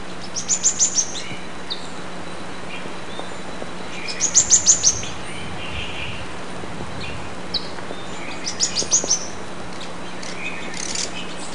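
Bird calls: three bursts of high, thin, rapidly repeated chirps about four seconds apart, over a steady low background hum.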